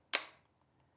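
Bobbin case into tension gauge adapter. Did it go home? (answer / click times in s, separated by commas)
yes / 0.2 s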